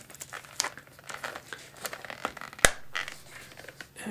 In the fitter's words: There you go, snaps into place.